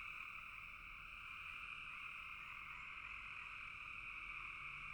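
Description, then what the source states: Many frogs trilling together in a steady, high-pitched chorus, an even buzzing drone with little variation. Frogs calling in a bog.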